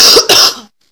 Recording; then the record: coughing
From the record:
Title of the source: November cold (wet coughing)